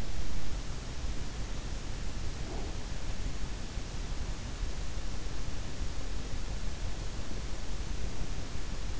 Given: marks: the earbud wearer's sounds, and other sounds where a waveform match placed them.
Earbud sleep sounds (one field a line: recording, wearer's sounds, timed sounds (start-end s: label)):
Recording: sounds in sleep by an in-ear microphone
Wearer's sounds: breath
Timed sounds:
2.21-3.05 s: breath